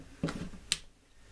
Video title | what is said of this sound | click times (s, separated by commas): Dewalt 4206 grinder, designed failure. Making one from two units. | there we go and locks in place | 0.7 s